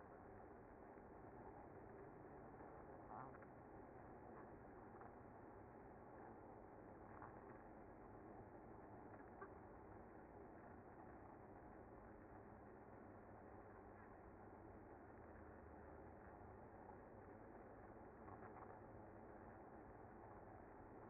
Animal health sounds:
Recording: honeybee colony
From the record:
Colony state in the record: active

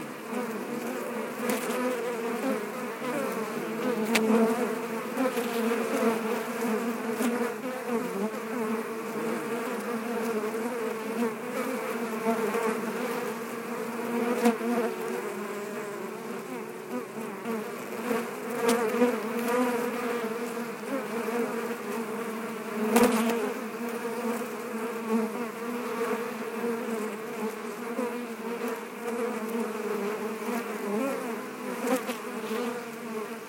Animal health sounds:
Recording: honeybee colony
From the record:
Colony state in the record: active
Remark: normal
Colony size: 10,000 bees

